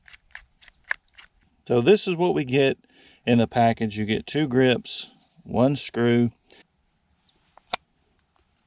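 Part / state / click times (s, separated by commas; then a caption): grip panel onto revolver frame / seated / 7.7 s. Someone talks while handling a package with two revolver grip panels and one screw, with a few small taps and clicks early on. A replacement grip panel is then pressed onto one side of the revolver frame and snaps in with a sharp click at 7.7 s, seating it.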